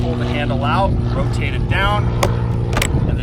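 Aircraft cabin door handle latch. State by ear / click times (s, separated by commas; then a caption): seated / 2.8 s. The cabin door handle of a Cirrus SR aircraft is pulled out from outside the closed door and rotated down while someone talks over a steady low hum. The latch engages with a sharp click at 2.8 s and a second at 2.8 s, locking the door closed and latched.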